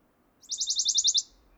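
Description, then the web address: Western Bonelli's warbler song, one quick high trill of many evenly spaced notes that grows slightly louder toward the end, with faint background hiss. "chant fernand deroussen pouillot de bonelli"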